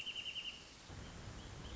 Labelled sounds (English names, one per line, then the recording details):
Wrentit
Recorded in Sonoma County, California